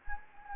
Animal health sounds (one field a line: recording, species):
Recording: mosquito wingbeat signal from an infrared sensor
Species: Anopheles gambiae